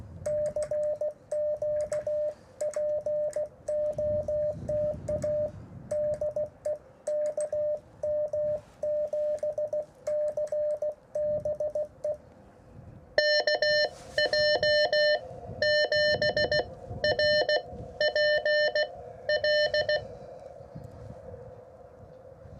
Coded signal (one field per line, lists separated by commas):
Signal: Morse code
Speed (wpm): 16 wpm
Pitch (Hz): 600 Hz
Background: radio noise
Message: CQ POTA DE KM7CBE KJ7RPL